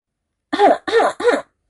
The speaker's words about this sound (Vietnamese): Một trận ho khan cắt ngang cái ôm của cả hai.